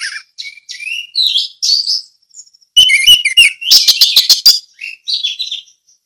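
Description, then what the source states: Orange-headed thrush singing a flowing warble of varied whistles, breaking into a loud, fast series of clipped, rattling notes before trailing off softly. Ngeplong song style.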